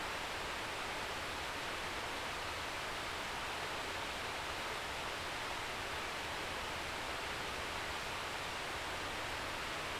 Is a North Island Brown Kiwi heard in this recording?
no